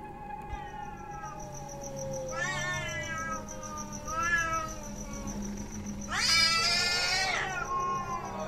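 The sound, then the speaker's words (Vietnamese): A cat standing on a window sill, just hit by a thrown pillow, caterwauls in three drawn-out, wavering yowls that rise and bend in pitch. The last cry is the loudest and harshest, with a low growling rumble underneath throughout. “Nó đứng ở trên cửa sổ, nó kêu lên những tiếng gầm gừ như là chuẩn bị đánh nhau, nghe như là ai oán, thậm chí còn thấy như là hận là thù.”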